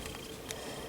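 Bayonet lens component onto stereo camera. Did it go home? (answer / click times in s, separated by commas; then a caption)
no / none. A metal bayonet lens component is handled and lined up by its red dots against a stereo camera, ready to be turned clockwise to lock. Light handling taps occur at about 0.1, 0.5 and 0.9 seconds over a quiet background. The part has not seated or clicked yet.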